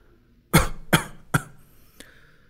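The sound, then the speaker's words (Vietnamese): Three short, dry coughs in quick succession from an old eunuch, each a sharp harsh burst fading fast, followed by a faint small click. No talking. “Lão thái giám liên tục ho khan, áp chế cuống họng nói.”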